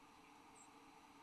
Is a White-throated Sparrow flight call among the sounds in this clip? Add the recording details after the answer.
yes. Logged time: 05:25 on 8 December 2014